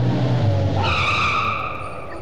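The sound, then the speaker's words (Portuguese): A car driven by the Pope at over 200 per hour is stopped by a guard. Its tires skid to a halt with a loud, high screech that sets in partway through and slowly fades, over a low rumbling engine that drops away beneath it. “Ele já está no aterro a mais de 200 por hora até que um guarda para o carro.”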